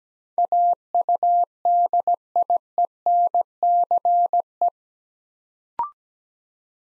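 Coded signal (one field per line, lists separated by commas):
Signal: Morse code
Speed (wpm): 17 wpm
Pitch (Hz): 700 Hz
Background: none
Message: AUDIENCE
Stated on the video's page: Morse practice at 17 wpm building 8-letter words two letters at a time, for instant character recognition.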